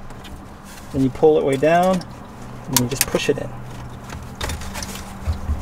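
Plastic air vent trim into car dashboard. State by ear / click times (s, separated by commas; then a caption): seated / 4.4 s. A plastic air vent trim piece is hooked in at the top of a Subaru Crosstrek dashboard during a head unit install, pulled down and pushed in until its retaining clips engage. Someone talks, then a sharp click at 4.4 s marks the clips snapping into place and the trim seating.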